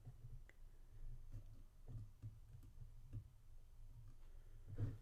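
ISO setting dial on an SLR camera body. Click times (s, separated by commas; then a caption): 0.5 s. The ISO setting dial on a Canon AE-1 Program SLR camera body is lifted by its black ring, twisted to a film speed, and released with the silver button. A faint click at 0.5 s marks the dial seating into a detent, and it is locked on an ISO value.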